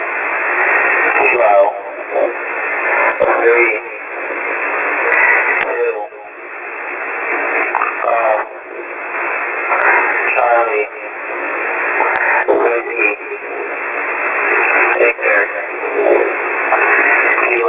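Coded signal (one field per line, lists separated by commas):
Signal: coded military voice message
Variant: EAM, English phonetic alphabet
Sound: male voice reading phonetic-alphabet groups over heavy shortwave static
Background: radio static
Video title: HF GCS EAM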